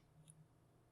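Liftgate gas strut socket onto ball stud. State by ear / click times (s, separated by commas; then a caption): seated / 0.3 s. On a 2003 Honda Pilot, the liftgate gas strut's socket is worked further and snaps fully onto the metal ball stud with a short, sharp click at 0.3 s over a faint low hum. The socket pops into place and is fully seated.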